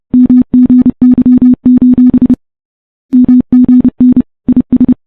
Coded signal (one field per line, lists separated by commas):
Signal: Morse code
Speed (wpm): 30 wpm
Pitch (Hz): 250 Hz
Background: none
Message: MGY: MGN IS